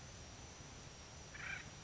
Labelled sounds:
Acorn Woodpecker (Melanerpes formicivorus)
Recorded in Sonoma County, California

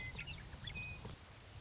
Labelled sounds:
Western Meadowlark (Sturnella neglecta)
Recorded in Sonoma County, California

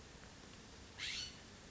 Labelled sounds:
California Scrub-Jay (Aphelocoma californica)
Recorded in Sonoma County, California

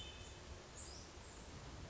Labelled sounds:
Hermit Thrush (Catharus guttatus)
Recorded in Sonoma County, California

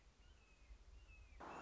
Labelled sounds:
Red-shouldered Hawk (Buteo lineatus)
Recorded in Sonoma County, California

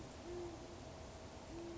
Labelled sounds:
Band-tailed Pigeon (Patagioenas fasciata)
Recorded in Sonoma County, California

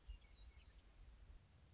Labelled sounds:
Western Meadowlark (Sturnella neglecta)
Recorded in Sonoma County, California

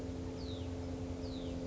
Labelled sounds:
Hutton's Vireo (Vireo huttoni)
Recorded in Sonoma County, California

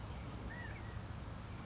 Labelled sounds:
California Quail (Callipepla californica)
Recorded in Sonoma County, California

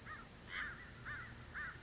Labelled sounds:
American Crow (Corvus brachyrhynchos)
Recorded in Sonoma County, California

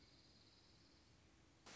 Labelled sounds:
Dark-eyed Junco (Junco hyemalis)
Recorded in Sonoma County, California

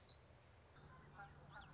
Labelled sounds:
Common Yellowthroat (Geothlypis trichas)
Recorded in Sonoma County, California

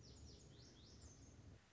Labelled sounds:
Lazuli Bunting (Passerina amoena)
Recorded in Sonoma County, California

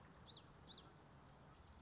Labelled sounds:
Common Yellowthroat (Geothlypis trichas)
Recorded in Sonoma County, California

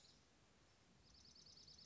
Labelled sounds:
Dark-eyed Junco (Junco hyemalis)
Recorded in Sonoma County, California

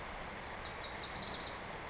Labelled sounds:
Lazuli Bunting (Passerina amoena)
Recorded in Sonoma County, California

